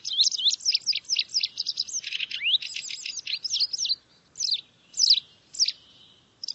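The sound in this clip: Bird song: fast, chattering high notes and sweeping whistles run together for four seconds, then a few separate sharp notes after a pause.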